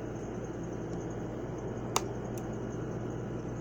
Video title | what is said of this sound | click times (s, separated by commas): How to assemble a crappy computer | you hear that click so | 2.0 s